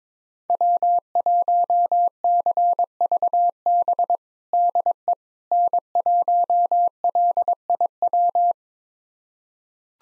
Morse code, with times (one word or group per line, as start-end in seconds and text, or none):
0.5-4.2 W1CVB
4.5-5.1 DE
5.5-8.5 N1LIW